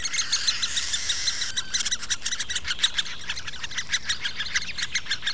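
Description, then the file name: Great spotted woodpecker nestlings begging with a fast, noisy, high-pitched chorus of buzzy chirps, dense at first and then breaking into separate repeated pulses. An adult feeding its nestlings. "nagy fakopáncs fiókáit eteti"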